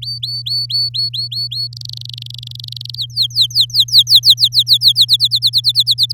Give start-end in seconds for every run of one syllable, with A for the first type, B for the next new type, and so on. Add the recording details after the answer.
0.02-1.68 A, 1.73-2.95 B, 2.96-5.05 C, 5.08-6.12 D. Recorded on 7 May 2018 at 06:15. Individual llb16